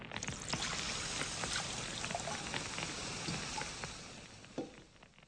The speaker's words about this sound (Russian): Сержант, ведро воды на солому, пожалуйста.